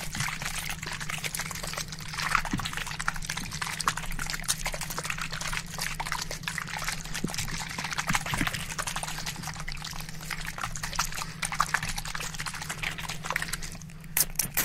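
A barbershop spray bottle hisses in rapid, dense bursts for the whole stretch, over a steady low hum, with a few louder clicks.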